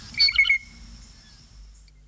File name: bluejay